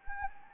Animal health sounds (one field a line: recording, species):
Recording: mosquito wingbeat signal from an infrared sensor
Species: Anopheles arabiensis